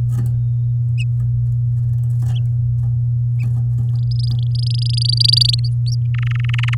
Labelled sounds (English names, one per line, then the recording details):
Domestic Canary song
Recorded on 10 May 2018 at 12:29
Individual llb16